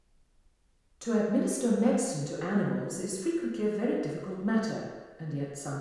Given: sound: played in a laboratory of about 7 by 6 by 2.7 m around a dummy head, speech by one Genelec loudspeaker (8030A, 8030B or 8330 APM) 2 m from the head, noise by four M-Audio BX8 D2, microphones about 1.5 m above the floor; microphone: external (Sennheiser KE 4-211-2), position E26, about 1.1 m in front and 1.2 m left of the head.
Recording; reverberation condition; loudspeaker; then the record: female speech in English; high; 90 degrees to the left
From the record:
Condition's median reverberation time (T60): about 1300 ms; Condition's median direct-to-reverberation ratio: about -4.0 dB